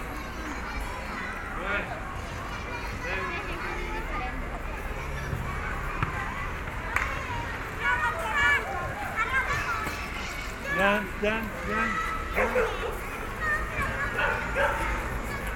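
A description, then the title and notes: Children's voices fill a playground, a dense, overlapping chatter of calls and shouts with no pauses. Brighter cries rise out of the crowd around seconds 8, 11 and 13, while a low hum of the surroundings runs underneath. A dog may bark briefly. Children at Playground. Kyseinen miniteos on äänitetty leikkipuistossa Barcelonassa. Tässä puistossa kotaavat sadat lapset päivittäin koulujen loputtua. He kerääntyvät leikkimään, keinumaan, liukumaan mäessä sekä pelaamaan tennistä ja jalkapalloa, viihtyisä keidas liikenteen pauhun keskellä.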